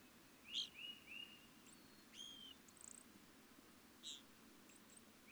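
Evening grosbeak calls, clear ringing notes and short slurred chirps, heard over a steady hiss of background noise.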